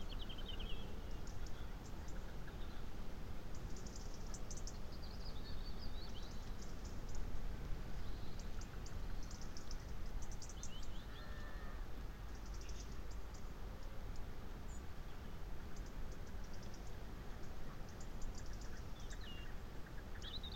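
Wind rushes steadily across an open landscape, a dense low roar that barely rises or falls for the whole stretch. Above it, birds chirp and trill in short bright bursts every few seconds, with a brief lower call near the middle.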